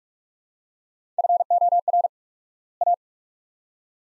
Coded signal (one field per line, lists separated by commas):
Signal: Morse code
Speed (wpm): 47 wpm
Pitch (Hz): 700 Hz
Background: none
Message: FOR A